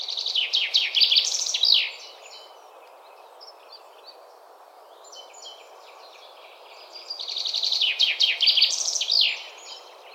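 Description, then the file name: Common Chaffinch gives two energetic, tumbling song phrases, each ending with a flourish, separated by a pause with a few soft, faint notes. "Fringilla coelebs"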